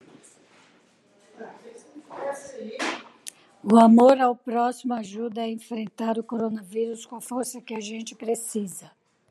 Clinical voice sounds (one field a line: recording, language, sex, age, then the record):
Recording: spoken sentence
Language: Brazilian Portuguese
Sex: female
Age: 60 to 69 years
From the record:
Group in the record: control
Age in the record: 63 years